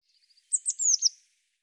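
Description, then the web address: Eurasian blue tit call: a few soft, faint high notes, then a bright run of descending thin, sharp notes, with no other sounds. "cianscape birddata Deverinetal 2025 Bird Cy Ca Cy Ca"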